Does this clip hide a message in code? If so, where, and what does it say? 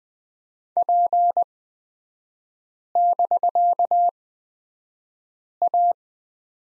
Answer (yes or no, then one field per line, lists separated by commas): yes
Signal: Morse code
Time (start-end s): 0.8-5.9 s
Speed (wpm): 20 wpm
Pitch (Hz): 700 Hz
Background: none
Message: P<BK>A